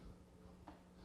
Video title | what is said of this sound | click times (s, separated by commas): Basic Camera Operation Workshop (Updated Version) | So when you when you put this on, you just slide it on and you're going to hear a click just like that | 0.7 s